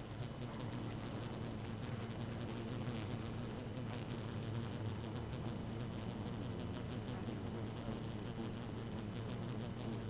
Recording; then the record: honeybee colony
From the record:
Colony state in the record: active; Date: 12 June 2018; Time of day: 1:13